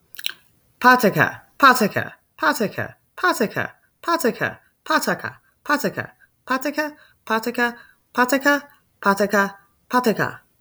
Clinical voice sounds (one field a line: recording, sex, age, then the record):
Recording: repeated syllables /pa ta ka/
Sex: female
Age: 30 to 39 years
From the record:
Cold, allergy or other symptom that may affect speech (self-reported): no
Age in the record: 33 years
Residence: Florida, United States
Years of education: 16